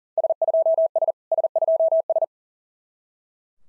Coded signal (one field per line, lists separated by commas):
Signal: Morse code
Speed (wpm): 40 wpm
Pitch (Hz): 650 Hz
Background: none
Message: S2S S2S